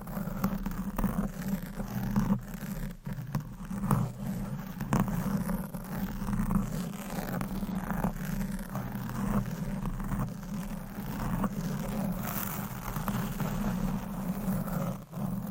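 Steady, dense scratching and rubbing fills the recording, with a low hum underneath and brief tapping-like dips and clicks every second or so.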